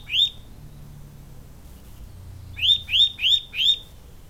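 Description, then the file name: Eurasian nuthatch song: one bright rising whistle, a gap of about two seconds, then four quick upslurred whistles in steady succession. "canto verso picchio muratore sitta europaea wood Nuthatch kleiber"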